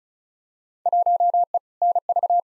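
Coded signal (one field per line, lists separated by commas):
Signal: Morse code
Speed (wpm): 36 wpm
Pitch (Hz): 700 Hz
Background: none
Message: 1E NV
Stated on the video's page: Morse practice drill of simulated Field Day exchanges at 35 wpm, each sent, spoken, then sent again.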